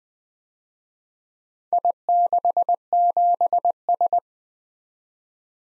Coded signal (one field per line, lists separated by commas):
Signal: Morse code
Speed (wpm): 19 wpm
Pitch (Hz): 700 Hz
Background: none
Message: I67S